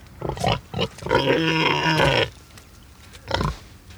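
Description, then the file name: Domestic pig grunting: a few short, rough grunts, then a long, harsh, tonal squeal lasting about a second, followed by quiet and one more low grunt. "Het knorren van een varken - Sound Cloud - Beeld en Geluid"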